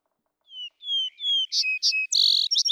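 Vesper sparrow song start: three slurred whistled notes, two paired higher notes and a buzzy burst, cut off before the trill finishes.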